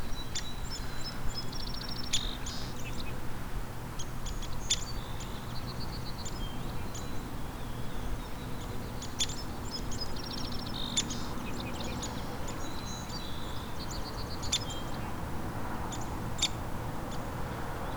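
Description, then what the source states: Downy Woodpecker giving short, high squeaky notes scattered irregularly throughout, over a steady low background rumble. Two birds, one behind and one in front of the recordist, apparently keeping in contact; short squeaks and a descending call.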